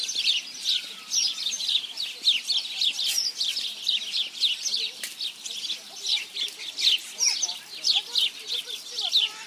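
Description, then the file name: Flock of house sparrows in steady chirping chatter, brisk overlapping notes in bursts. "Passer domesticus"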